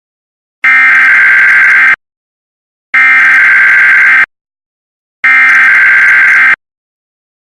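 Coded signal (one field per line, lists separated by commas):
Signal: Emergency Alert System (SAME) tones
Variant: header bursts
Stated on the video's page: Self-made recreation of an EAS test attributed to the Storm Prediction Center.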